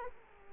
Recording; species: mosquito wingbeat signal from an infrared sensor; Culex quinquefasciatus